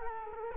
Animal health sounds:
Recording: mosquito wingbeat signal from an infrared sensor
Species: Culex quinquefasciatus

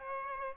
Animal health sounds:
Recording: mosquito wingbeat signal from an infrared sensor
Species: Aedes aegypti

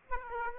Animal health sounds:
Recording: mosquito wingbeat signal from an infrared sensor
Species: Aedes aegypti

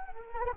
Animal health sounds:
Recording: mosquito wingbeat signal from an infrared sensor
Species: Anopheles arabiensis

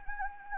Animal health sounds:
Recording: mosquito wingbeat signal from an infrared sensor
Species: Anopheles gambiae

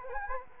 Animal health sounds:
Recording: mosquito wingbeat signal from an infrared sensor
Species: Anopheles gambiae

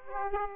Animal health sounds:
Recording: mosquito wingbeat signal from an infrared sensor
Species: Aedes aegypti

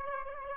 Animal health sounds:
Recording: mosquito wingbeat signal from an infrared sensor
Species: Aedes aegypti

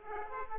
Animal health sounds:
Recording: mosquito wingbeat signal from an infrared sensor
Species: Aedes aegypti

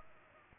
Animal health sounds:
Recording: mosquito wingbeat signal from an infrared sensor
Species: Aedes aegypti

